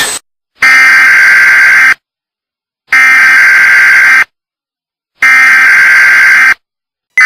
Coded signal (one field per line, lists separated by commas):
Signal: Emergency Alert System (SAME) tones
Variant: header bursts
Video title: EAS Warning